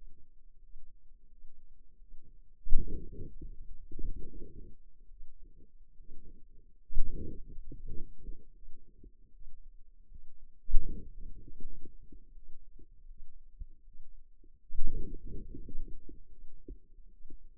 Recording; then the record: forearm muscle sounds (acoustic myography)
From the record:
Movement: hand opening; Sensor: system 2, bracelet of six BSWA MPA416 microphones around the upper forearm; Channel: 2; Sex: female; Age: 23 years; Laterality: right